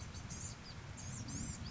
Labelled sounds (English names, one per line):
Blue-gray Gnatcatcher